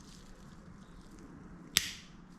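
A new metal plain bearing shell is pressed by hand into the connecting rod or cap of a Honda VTR1000 motorcycle crankshaft. After quiet low background noise, it snaps into the rod bore with one sharp, loud metallic click at 1.8 s that rings out briefly. The bearing shell is seated in place.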